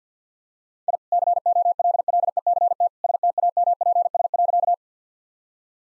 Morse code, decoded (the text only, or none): I COLLECT STAMPS.